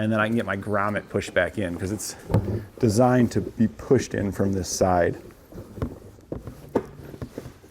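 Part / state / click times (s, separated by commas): wiring grommet into vehicle body panel hole / seated / 6.8 s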